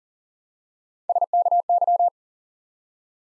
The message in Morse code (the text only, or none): SKY